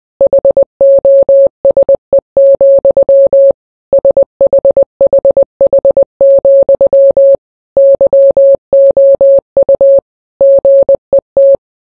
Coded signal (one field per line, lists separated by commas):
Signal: Morse code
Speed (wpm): 20 wpm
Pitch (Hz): 550 Hz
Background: none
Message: HOSE, SHHH, YOU GET